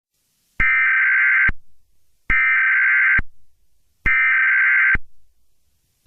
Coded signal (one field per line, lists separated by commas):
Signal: Emergency Alert System (SAME) tones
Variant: header bursts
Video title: King Sombra's Rampage (EAS Scenario)